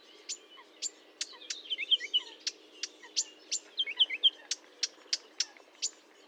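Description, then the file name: Marsh warbler song: sharp, high ticks repeated several times a second, interwoven with two short bursts of soft twittering. Recorded at Fontaine-Française (Fourneau), 1 June 2022 at 10:55, with a Nagra recorder and Telinga microphone. "Rousserolle verderolle 1055 Fontaine-Francaise-Fourneau"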